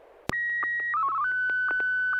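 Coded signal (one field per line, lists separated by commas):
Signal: SSTV (slow-scan television)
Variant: Martin 1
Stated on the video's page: SSTV net on an FM repeater, 441.30 MHz, Sacramento, California; images sent with MMSSTV software.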